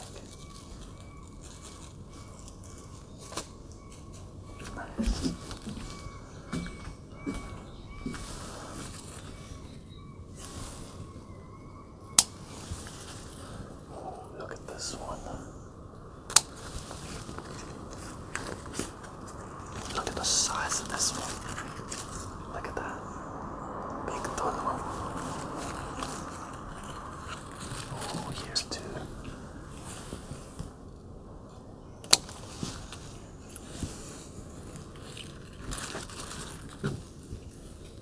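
Grape leaves are picked in a garden, with steady rustling and soft crackling of foliage running throughout. Sharp snaps and clicks stand out every few seconds, loudest near 12, 16 and 32 seconds, while a low hum and faint voice-like murmurs sit underneath.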